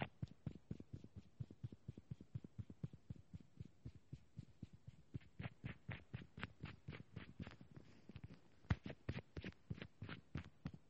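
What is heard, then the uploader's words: Lots of tapping, a quick, fairly steady run of sharp taps, about four or five each second, throughout. The hits are crisp, each with a dull low thump under a brighter click, and a few land harder near the nine-second mark. Lots of tapping and much more.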